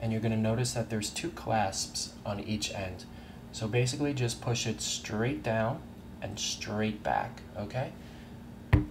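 Someone talks while removing the old wristband from a Fitbit Alta fitness tracker, pushing the band's clasp straight down and pulling it straight back. A short click is heard at 8.7 s as the clasp releases and the band comes free.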